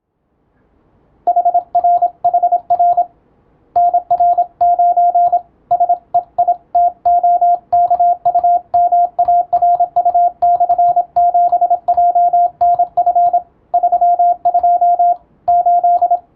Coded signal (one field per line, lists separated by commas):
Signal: Morse code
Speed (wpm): 27 wpm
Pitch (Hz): 700 Hz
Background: radio noise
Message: HRHR NR9 SEITOKUMARU/7JNF 32 8